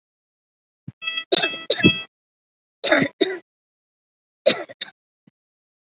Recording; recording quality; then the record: heavy voluntary cough; moderate, slight background noise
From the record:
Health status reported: COVID-19 positive, moderate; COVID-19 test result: positive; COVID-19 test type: RT-PCR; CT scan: taken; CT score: 1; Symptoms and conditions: breathing difficulty, hypertension, diabetes, ischaemic heart disease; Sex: male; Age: 40 years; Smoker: no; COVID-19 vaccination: both doses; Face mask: not worn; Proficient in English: no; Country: India